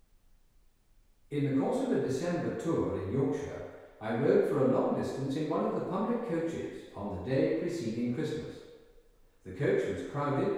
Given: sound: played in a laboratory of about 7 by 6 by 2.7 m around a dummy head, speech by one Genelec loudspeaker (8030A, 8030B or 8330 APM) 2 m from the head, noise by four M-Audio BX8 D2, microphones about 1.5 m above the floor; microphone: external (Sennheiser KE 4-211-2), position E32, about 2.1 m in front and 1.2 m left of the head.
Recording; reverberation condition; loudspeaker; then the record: male speech in English; high; 150 degrees to the right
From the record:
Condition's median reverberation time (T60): about 1300 ms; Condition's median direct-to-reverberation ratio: about -4.0 dB